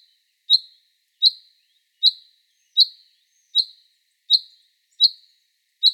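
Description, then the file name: Common chaffinch calling: a clipped, bright single note repeated steadily, eight times in quick succession, with nothing else audible. "Fringilla coelebs"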